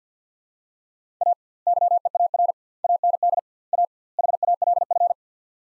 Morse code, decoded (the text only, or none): A YEAR AND A HALF